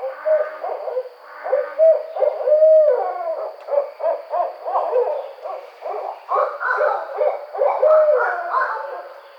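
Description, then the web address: Barred owl hooting and cackling in a loud, excited series of rough hoots and wavering notes, bursts repeating throughout with barely a pause. Recorded on 5 June 2009. "Barred Owl 2009 06 05"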